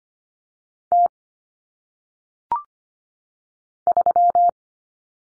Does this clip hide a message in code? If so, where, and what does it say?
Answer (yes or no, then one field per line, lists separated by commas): yes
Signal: Morse code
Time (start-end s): 0.9-4.5 s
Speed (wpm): 25 wpm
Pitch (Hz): 700 Hz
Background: none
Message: T 3